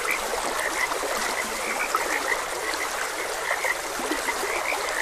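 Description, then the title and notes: Frog chorus of quick, high, overlapping croaks, a few louder individual notes standing out, over the even wash of flowing water. Frogs croaking beside a gentle stream. "Frogs Croaking. Sleep and Relaxation Podcast"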